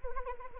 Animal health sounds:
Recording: mosquito wingbeat signal from an infrared sensor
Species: Anopheles arabiensis

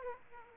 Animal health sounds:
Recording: mosquito wingbeat signal from an infrared sensor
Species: Aedes aegypti

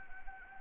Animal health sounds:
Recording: mosquito wingbeat signal from an infrared sensor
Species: Anopheles arabiensis

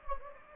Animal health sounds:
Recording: mosquito wingbeat signal from an infrared sensor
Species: Anopheles gambiae

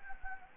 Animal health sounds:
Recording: mosquito wingbeat signal from an infrared sensor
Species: Anopheles gambiae

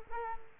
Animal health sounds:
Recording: mosquito wingbeat signal from an infrared sensor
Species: Culex quinquefasciatus

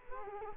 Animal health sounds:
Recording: mosquito wingbeat signal from an infrared sensor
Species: Culex quinquefasciatus

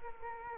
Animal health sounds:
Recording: mosquito wingbeat signal from an infrared sensor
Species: Culex quinquefasciatus

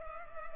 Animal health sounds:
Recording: mosquito wingbeat signal from an infrared sensor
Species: Culex pipiens

